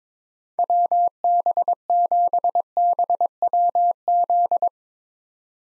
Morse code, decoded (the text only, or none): WB7BWZ